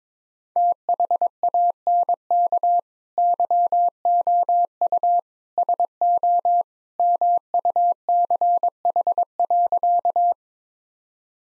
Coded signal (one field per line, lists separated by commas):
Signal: Morse code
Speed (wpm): 22 wpm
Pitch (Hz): 700 Hz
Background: none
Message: THANK YOU SO MUCH.